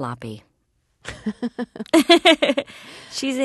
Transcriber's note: soundbite of laughter